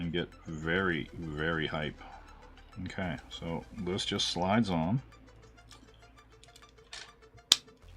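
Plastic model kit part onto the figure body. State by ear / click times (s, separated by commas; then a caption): seated / 7.5 s. A plastic part of an Astro Boy model kit is slid onto the figure's body while someone talks. After some faint handling ticks, the part snaps into place with a sharp click at 7.5 seconds, fully seated.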